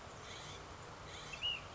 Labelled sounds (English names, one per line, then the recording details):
Ash-throated Flycatcher
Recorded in Sonoma County, California